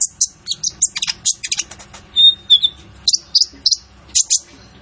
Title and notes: MASTERAN KOLIBRI NINJA FULL ISIAN DAN TEMBAKAN COCOK BUAT PANCINGAN. Suara Burung Kolibri Ninja Gacor